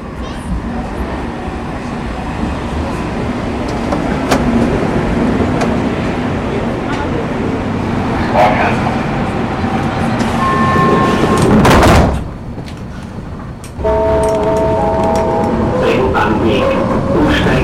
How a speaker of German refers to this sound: Schon da kommt die U-Bahn. Wunderbar.